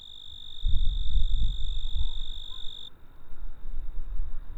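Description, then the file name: Cricket trill, a steady high continuous tone that softens partway through, over low rumbling noise. "Grillo (Cricket)"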